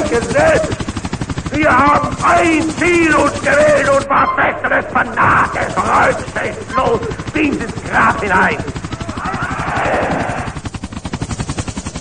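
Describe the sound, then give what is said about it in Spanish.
Helicopters approaching Goga, with a rapid, steady thudding rotor chop that runs the whole time while voices talk over the pulsing beat. “Estamos escuchando algunos helicópteros que se están acercando a Goga.”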